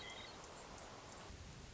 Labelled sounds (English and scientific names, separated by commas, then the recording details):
Hermit Thrush (Catharus guttatus)
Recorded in Sonoma County, California